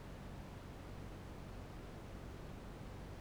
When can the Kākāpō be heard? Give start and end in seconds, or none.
none